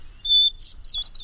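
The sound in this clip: Hermit thrush song: a clear, steady whistled opening note, then higher fluty, quavering phrases, all within about a second.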